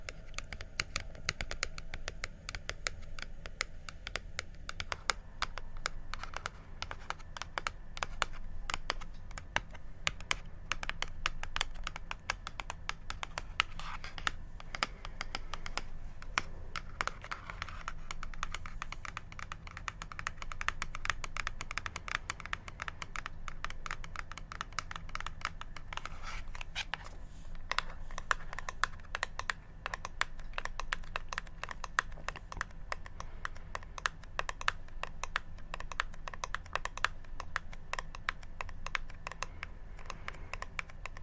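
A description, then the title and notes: Rapid tapping of fingertips on hard surfaces, dense and crisp like keyboard clicks, continuing steadily with faint scratching. ASMR Tapping For Sleep & Relaxation (No Talking).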